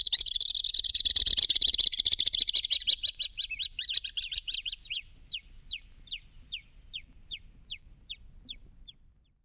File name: Alpine Swift